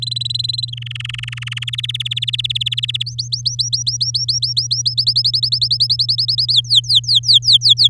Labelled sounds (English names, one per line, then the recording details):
Domestic Canary song
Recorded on 10 May 2018 at 16:05
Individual llb16